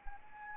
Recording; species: mosquito wingbeat signal from an infrared sensor; Anopheles arabiensis